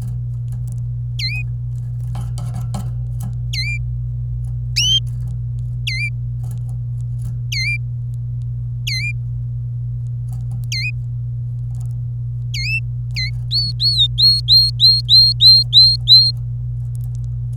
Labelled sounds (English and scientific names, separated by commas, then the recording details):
Domestic Canary (Serinus canaria) song
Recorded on 26 April 2018 at 08:28
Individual llb3